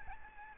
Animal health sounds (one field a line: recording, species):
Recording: mosquito wingbeat signal from an infrared sensor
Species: Aedes albopictus